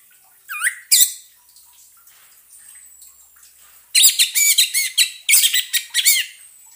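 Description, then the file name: Orange-headed thrush song: a brief rising whistle and a buzzy note early, then a dense burst of rapid whistled and chattering phrases after a pause of nearly three seconds. Song therapy for an orange-headed thrush that has stopped singing. "terapi suara anis merah macet bunyi"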